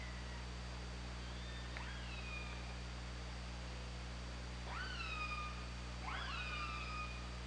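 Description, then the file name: Orca calls underwater, three sharply rising then level calls with harmonics, spaced apart, over low hum and hiss. Recorded by OrcaLab hydrophone on 24 August 2017. "Orca Lab 20170824"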